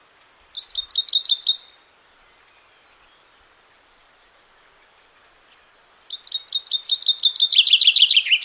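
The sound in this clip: Common chaffinch song: two rapid phrases of repeated bright notes about four seconds apart, the second longer and descending.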